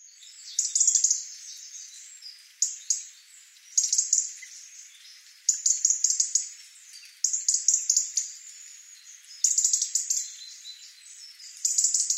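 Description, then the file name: European robin singing high, thin, tinkling phrases of rapid trills and twitters, repeated with short pauses throughout. "Erithacus rubecula"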